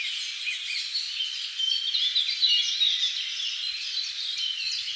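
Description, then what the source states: Many birds chirping and twittering at once, a steady overlapping chorus of quick high notes. Many birds in a forest.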